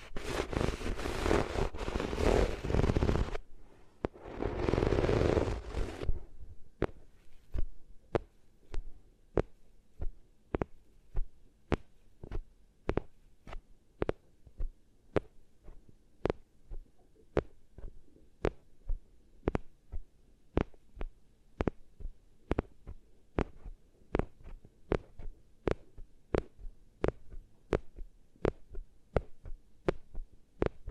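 Loud, scratchy rubbing against the ears fills the first six seconds in two bursts, then gives way to steady, evenly spaced soft thumps like a heartbeat.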